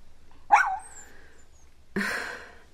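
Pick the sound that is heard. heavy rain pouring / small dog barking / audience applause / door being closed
small dog barking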